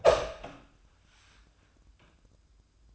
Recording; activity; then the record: daily activity, microphone in the room; open door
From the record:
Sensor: 2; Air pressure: 1004.8 hPa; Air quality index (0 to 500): 74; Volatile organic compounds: 1 ppm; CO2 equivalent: 873 ppm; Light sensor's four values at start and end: 7/16/6/6 and 7/16/6/7